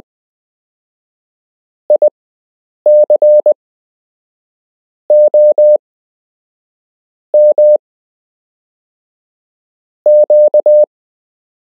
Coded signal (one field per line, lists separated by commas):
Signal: Morse code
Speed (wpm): 20 wpm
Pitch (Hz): 600 Hz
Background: none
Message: ICOM Q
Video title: You can learn Morse code - Part 3